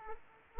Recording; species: mosquito wingbeat signal from an infrared sensor; Aedes aegypti